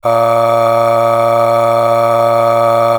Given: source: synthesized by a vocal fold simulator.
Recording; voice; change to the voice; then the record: sustained vowel; male; aspiration noise (breathiness), level 9 of 10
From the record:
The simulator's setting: 3.35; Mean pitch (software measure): 116 Hz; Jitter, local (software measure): 0.81%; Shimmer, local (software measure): 9.9%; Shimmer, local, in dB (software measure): 0.86 dB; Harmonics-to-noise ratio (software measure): 13.3 dB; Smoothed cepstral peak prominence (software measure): 13.6 dB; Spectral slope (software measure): -16.7 dB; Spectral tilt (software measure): -8.4 dB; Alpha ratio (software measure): -7.2 dB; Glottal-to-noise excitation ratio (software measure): 0.884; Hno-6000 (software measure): 2.0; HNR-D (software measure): 22.2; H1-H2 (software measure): 4.9 dB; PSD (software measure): 6.2e-05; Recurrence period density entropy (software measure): 0.121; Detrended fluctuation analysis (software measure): 0.0549